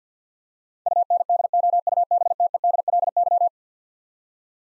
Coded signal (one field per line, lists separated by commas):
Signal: Morse code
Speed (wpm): 50 wpm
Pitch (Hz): 700 Hz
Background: none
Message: UNDOUBTEDLY